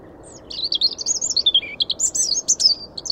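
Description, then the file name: European robin song, a rapid tumbling phrase of high thin whistles and trills, notes jumping up and down in pitch without pause, over faint low background hum. "Erithacus rubecula"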